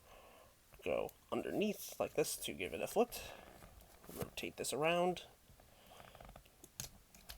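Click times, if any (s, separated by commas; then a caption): 6.8 s. A transforming robot figure's plastic head is swung up and out into its torso joint while someone talks. Several small plastic clicks and handling sounds are heard, and a sharp click at 6.8 s marks the head locking into place.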